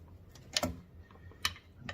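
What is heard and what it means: A torque wrench tightens the brake booster mounting bolts on a Ford Escape, where the bolts on the brake booster or master cylinder are brought to spec. Two sharp, bright clicks sound at about 0.6 s and 1.5 s, with softer ticks close behind and near the end over a quiet low background. The wrench clicks at its setting, confirming the bolts are torqued to spec.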